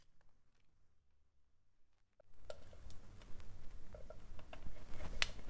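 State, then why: Seated. During a motorcycle engine bottom-end rebuild, a new metal retaining clip is pressed into the engine. The first two seconds are near silent, then steady handling noise and small taps begin with a light tap at 2.5 s. A sharp click at 5.2 s marks the clip seating correctly.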